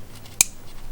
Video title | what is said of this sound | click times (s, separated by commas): How to Change Spark Plugs - Toyota Landcruiser/Tundra/Sequoia/4Runner/LX470 | finally we can grab that clip and pop it back in remember that you want to hear that little click as a little tab goes over the ridge | 0.4 s